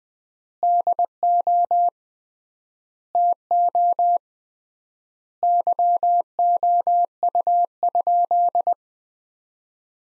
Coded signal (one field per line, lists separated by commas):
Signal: Morse code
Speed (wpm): 20 wpm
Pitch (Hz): 700 Hz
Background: none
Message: DO TO YOU?